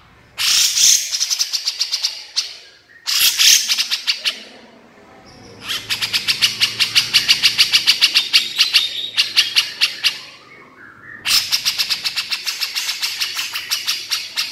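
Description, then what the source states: Horsfield's bush lark song made of long, fast, rattling trills of sharp pulses, broken by short pauses; the rattles come in four bursts. Branjangan singing energetically and continuously (gacor), used to train songbirds (masteran).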